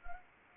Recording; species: mosquito wingbeat signal from an infrared sensor; Anopheles arabiensis